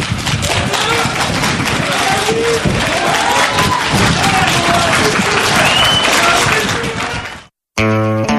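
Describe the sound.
Local residents gathered behind the courthouse in Amfissa applaud loudly and steadily for about seven seconds as a 34-year-old man arrives, with scattered shouts and voices rising through the clapping, before it cuts off abruptly and a short burst of tonal music follows.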